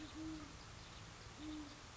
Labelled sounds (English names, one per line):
Great Horned Owl